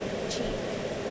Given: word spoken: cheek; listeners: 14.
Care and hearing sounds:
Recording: one English word in noise, from a listening test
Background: speech-shaped noise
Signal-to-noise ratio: -6.7 dB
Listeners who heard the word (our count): 0 of 14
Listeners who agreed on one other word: 8 of 14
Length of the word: 0.70 s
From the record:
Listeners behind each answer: 8, 6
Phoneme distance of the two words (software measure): 10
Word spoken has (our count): 1 syllable, 3 phonemes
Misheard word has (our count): 1 syllable, 3 phonemes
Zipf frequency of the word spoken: 3.93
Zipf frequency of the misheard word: 4.65

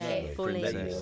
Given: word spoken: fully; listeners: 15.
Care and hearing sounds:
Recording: one English word in noise, from a listening test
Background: four-talker babble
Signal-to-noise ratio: -1.9 dB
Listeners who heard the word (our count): 3 of 15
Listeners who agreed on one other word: 9 of 15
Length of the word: 0.62 s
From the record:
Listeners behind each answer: 9, 3, 2, 1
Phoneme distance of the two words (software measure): 10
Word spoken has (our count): 2 syllables, 4 phonemes, stress on syllable 1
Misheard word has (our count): 2 syllables, 4 phonemes, stress on syllable 1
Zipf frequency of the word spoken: 4.61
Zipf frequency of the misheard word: 3.72

